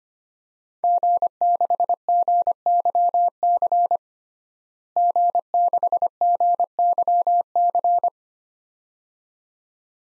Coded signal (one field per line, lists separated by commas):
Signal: Morse code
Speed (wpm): 25 wpm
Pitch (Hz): 700 Hz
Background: none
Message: G6GYC G6GYC